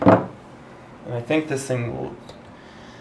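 A sanitized plastic bung is handled at the opening of a brewing keg, with a loud, brief burst of handling noise at the start. Someone then talks. Nothing has seated or clicked into place yet.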